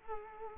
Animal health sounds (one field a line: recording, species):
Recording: mosquito wingbeat signal from an infrared sensor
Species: Culex quinquefasciatus